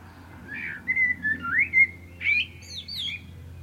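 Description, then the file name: Common blackbird delivers a smooth, fluty whistled phrase of several slurred notes, ending in quick, high-pitched chattering twitters. "Turdus merula"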